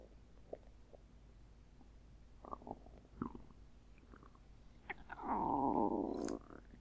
Tummy grumble.